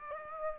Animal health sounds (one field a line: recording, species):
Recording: mosquito wingbeat signal from an infrared sensor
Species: Aedes aegypti